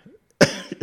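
A single forceful, harsh cough burst after a brief faint sound, heard in a small room.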